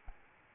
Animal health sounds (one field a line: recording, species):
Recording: mosquito wingbeat signal from an infrared sensor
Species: Aedes albopictus